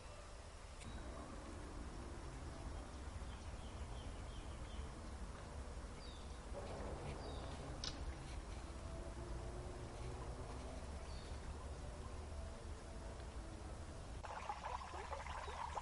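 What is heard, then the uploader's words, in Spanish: A garden soundscape with a steady bed of flowing water and a low background rumble throughout. Short bird chirps come through now and then, clustering around 7 to 8 seconds and again near 11 seconds, while faint cricket trills sit high and thin. El siguiente paisaje sonoro fue grabado en el jardín de la USBI, Xalapa, se aprecian sonidos de grillos, el fluir del agua y aves del lugar.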